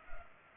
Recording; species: mosquito wingbeat signal from an infrared sensor; Culex pipiens